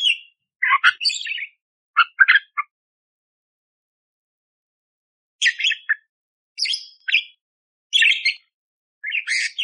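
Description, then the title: Budgerigar chattering song of squeaky chirps and scratchy notes in bursts, with a silent pause of about three seconds after the first few. Masteran for training songbirds, clear and lively (gacor jernih) with rough tembakan fill phrases, suited for Kacer. "Masteran Burung Parkit Gacor Jernih Isian Tembakan Kasar Cocok Buat Kacer"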